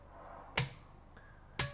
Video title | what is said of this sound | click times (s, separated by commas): MCEA - Pre Flight Caravan Checks | and we turn in a clockwise uh rotation and we expect to hear a click | 0.6 s, 1.6 s